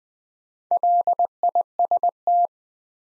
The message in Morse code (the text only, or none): LIST